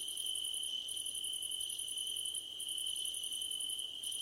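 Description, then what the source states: Crickets trilling in quick high pulses, stopping briefly a few times, over an unbroken high-pitched whine. Crickets at night under a starlit sky.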